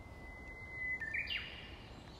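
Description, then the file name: Japanese bush warbler song: a long, steady whistled note, then a quick loud rising-and-falling flourish, over soft background hiss. "Uguisu"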